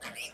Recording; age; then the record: pig call; piglet (1 to 25 days)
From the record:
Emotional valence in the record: negative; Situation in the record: castration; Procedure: castration, fixation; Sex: male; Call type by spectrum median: high-frequency call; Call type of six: low-frequency tonal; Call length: 0.34 s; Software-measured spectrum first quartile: 2044 Hz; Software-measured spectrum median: 3091 Hz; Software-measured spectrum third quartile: 6575 Hz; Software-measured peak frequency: 2629 Hz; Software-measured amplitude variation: 132 dB a second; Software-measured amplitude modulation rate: 10.3 a second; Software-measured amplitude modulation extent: 12.9 dB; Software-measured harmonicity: 1.9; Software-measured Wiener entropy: -1.97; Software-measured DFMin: 656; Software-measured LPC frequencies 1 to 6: 772, 1723, 2537, 4407, 5497, 8910 Hz